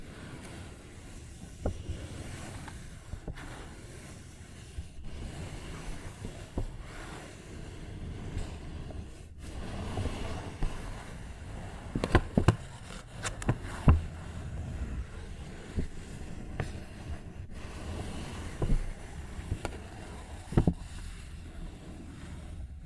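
A paper bag is tapped and scratched, giving a rough, continuous rustling over a low rumble. Sharp taps land irregularly: a few early on, a dense cluster around twelve to fourteen seconds, then scattered ones toward the end.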